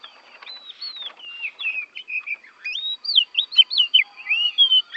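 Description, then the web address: Oriental magpie-robin singing a continuous run of varied whistles, slurred up and down, growing louder toward the end, with a thin steady high tone behind. Borneo; recording made for training songbirds (masteran). "kacer borneo. masteran kacer"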